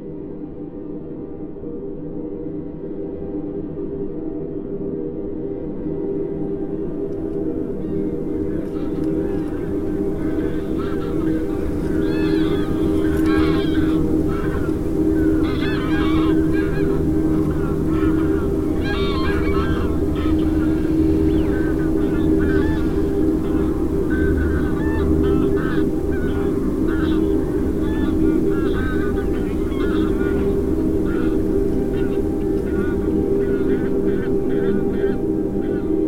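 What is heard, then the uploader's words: Field recordings blend with an electronic drone that holds steady, low and humming tones throughout. After about eight seconds a busy layer of honking, goose-like calls and chatter enters above it and continues densely to the end, keeping the overall level even. A mix of original field recordings with an electronic drone sequence.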